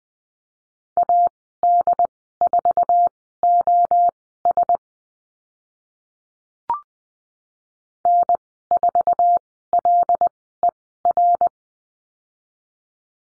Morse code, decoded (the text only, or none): AD4OS N4LER